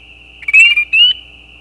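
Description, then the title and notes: Spring peeper calling twice in quick succession, each a short upslurred high peep, set against a continuous shrill background chorus. Mating calls of peeper frogs, individual calls with gaps, recorded at night at the side of a gravel road. "Peepers peeping. Peeper frogs mating calls - the calls are more individual with gaps in the recording. Recorded at the side of a gravel road at night. Recorded by Anton Pickard. Part of the Music for Sleep project"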